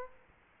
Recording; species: mosquito wingbeat signal from an infrared sensor; Aedes aegypti